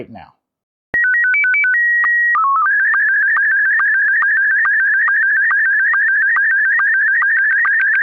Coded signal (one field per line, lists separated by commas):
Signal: SSTV (slow-scan television)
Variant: Scottie 1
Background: speech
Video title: DIY Raspberry Pi Pico SSTV Decoder Display Images from Space & Shortwave Radio